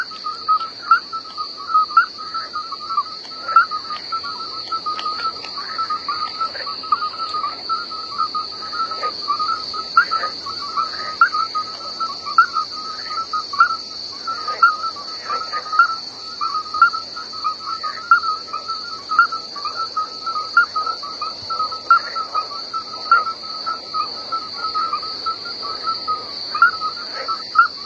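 Night wilderness ambience of steady, high insect trilling with a constant lower droning chirr and frequent short chirps throughout.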